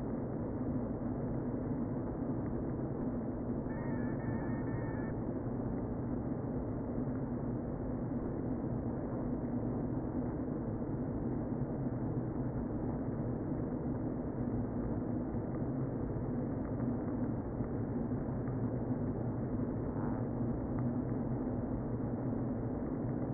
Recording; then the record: honeybee colony, microphone inside the hive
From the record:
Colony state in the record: queen present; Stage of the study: before two queens were removed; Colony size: about 60,000 bees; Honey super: yes